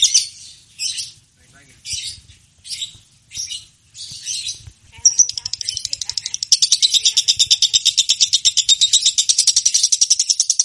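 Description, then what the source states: Lovebird chirping: several short separate bursts of harsh, high chatter first, then a clear whistled note leading into a long, rapid, continuous buzzing trill. Champion lovebird chirping.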